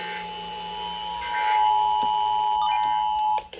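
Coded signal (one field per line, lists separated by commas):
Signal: Emergency Alert System (SAME) tones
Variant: 853 and 960 Hz attention tone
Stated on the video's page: Weekly and monthly EAS tests received on a Kaito KA110 radio.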